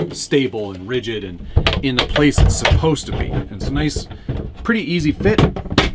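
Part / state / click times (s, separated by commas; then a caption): RC car body shell onto chassis body posts / not seated / none. A plastic rally car body shell for a Traxxas Rally Fiesta ST VXL RC car is handled over the chassis body posts it clips onto while someone talks throughout. Nothing has seated or clicked yet; the body is not yet home on the posts.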